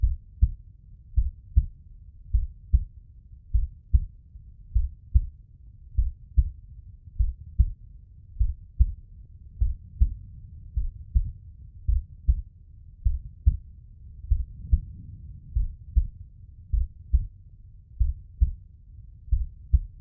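A steady run of deep, muffled thumps repeats in a regular rhythm throughout, with a soft low rumble underneath. It is a slow, calm heartbeat.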